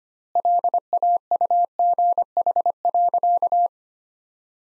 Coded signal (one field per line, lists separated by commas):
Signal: Morse code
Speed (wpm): 25 wpm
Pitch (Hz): 700 Hz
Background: none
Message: LAUGH.